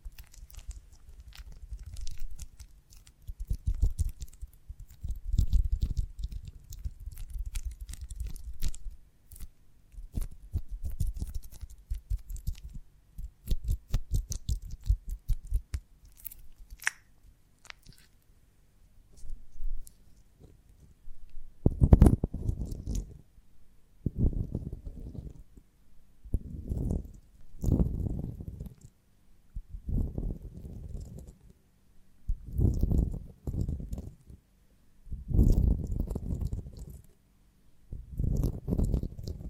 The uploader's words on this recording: ASMR of a Honeycomb on Branch (No Talking).